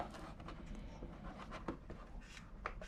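A 32 GB RAM module (DIMM) is pushed down into a motherboard DIMM slot in a 2019 Mac Pro, with one side still needing to click. Scraping and rubbing lead to a sharp latch click on that second side at 2.7 s, and the module is seated.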